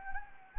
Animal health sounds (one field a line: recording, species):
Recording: mosquito wingbeat signal from an infrared sensor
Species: Anopheles gambiae